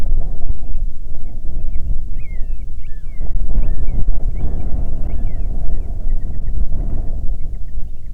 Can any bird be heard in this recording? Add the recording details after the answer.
yes. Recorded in the Arctic National Wildlife Refuge, Alaska, on 9 July 2019 at 21:52. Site 48